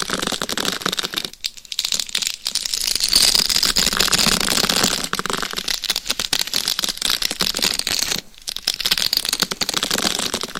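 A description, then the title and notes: Dense scratching on a microphone fills the clip. The scratching is rapid and crackly, like cards shuffling or paper crinkling, and brightest in the upper range. It breaks off briefly near 1.5 and 8.3 seconds before resuming at an even, busy pace. ASMR Binaural Mic Scratching - Brain Scratching with 10 Mics for 100% SLEEP No Talking.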